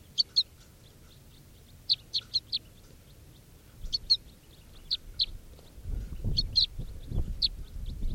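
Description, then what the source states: Crossbill begging calls: sharp, high, clicky chips given singly and in quick pairs or triplets at irregular intervals, with low rumbling background noise toward the end. Begging calls of a numbered test bird, recorded at 11:51.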